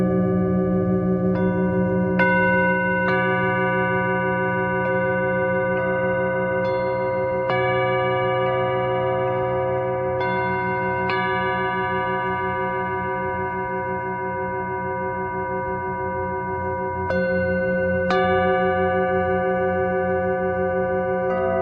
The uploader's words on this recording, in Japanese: メキシコから シンギングボウルのサウンドヒーリング。